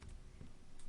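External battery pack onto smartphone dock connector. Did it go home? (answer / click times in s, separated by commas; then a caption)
no / none. An external battery pack is pushed onto a smartphone's dock connector after part of the phone's skin case has been removed. Only two faint ticks are heard, near 0.0 and 0.8 seconds, over a low background rumble. The pack has not snapped or clicked into place.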